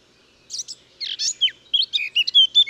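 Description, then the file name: Eurasian blackcap song: short scratchy opening notes followed by a brief burst of bright, fluting whistles, cut off after under three seconds. "Sylvia atricapilla"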